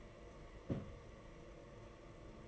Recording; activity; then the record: daily activity, microphone in the room; place on stove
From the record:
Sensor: 4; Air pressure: 992.8 hPa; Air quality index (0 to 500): 175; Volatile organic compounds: 326 ppm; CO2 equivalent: 4537 ppm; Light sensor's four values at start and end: 4/10/4/4 and 4/10/4/4